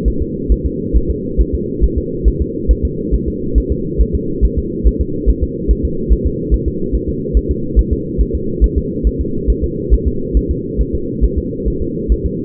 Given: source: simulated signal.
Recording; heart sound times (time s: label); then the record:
fetal heart sounds
0.08 s: S1
0.22 s: S2
0.52 s: S1
0.66 s: S2
0.97 s: S1
1.10 s: S2
1.41 s: S1
1.54 s: S2
1.84 s: S1
1.98 s: S2
2.28 s: S1
2.42 s: S2
2.71 s: S1
2.85 s: S2
3.14 s: S1
3.28 s: S2
3.58 s: S1
3.72 s: S2
4.01 s: S1
4.15 s: S2
4.45 s: S1
4.58 s: S2
4.87 s: S1
5.01 s: S2
5.29 s: S1
5.43 s: S2
5.71 s: S1
5.85 s: S2
6.12 s: S1
6.26 s: S2
6.54 s: S1
6.68 s: S2
6.95 s: S1
7.09 s: S2
7.37 s: S1
7.51 s: S2
7.79 s: S1
7.93 s: S2
8.21 s: S1
8.35 s: S2
8.64 s: S1
8.78 s: S2
9.07 s: S1
9.21 s: S2
9.50 s: S1
9.64 s: S2
9.94 s: S1
10.07 s: S2
10.37 s: S1
10.51 s: S2
10.81 s: S1
10.95 s: S2
11.24 s: S1
11.38 s: S2
11.68 s: S1
11.82 s: S2
12.12 s: S1
12.26 s: S2
From the record:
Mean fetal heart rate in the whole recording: 140 bpm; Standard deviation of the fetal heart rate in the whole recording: 2 bpm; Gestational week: 34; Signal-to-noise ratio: -6.6 dB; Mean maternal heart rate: 72 bpm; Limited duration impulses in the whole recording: present